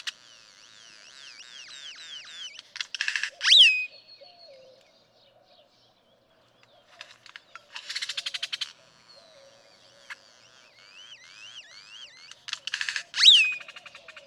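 Great-tailed grackle song: thin wavering whistles, rattling bursts and two sharp squeals, separated by quiet gaps.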